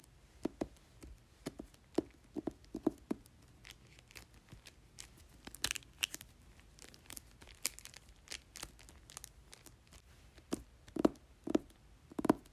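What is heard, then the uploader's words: Tapping and crinkling on a book cover, made of sharp, irregular clicks and crackles spread across the whole stretch. The sounds come in loose clusters with brief gaps, some crisp and bright, others duller with a low knock. A few firmer taps stand out near the end. Tapping and Crinkling Book Cover.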